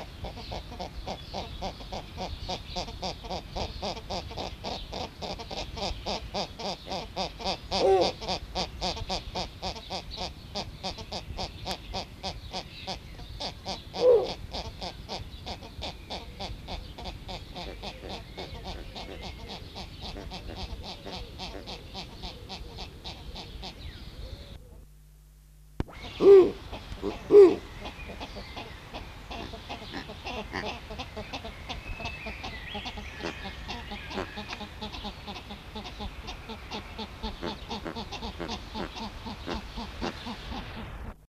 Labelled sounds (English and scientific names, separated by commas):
Snowy Owl (Bubo scandiacus) call